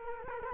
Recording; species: mosquito wingbeat signal from an infrared sensor; Culex quinquefasciatus